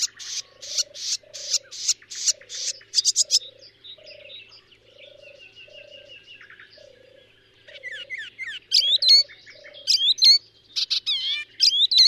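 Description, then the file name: Icterine warbler song opening with rapid buzzy repeated notes, then quieter twitters over a low, evenly repeated note, and finally sharp, varied high whistles. "Hypolais icterine"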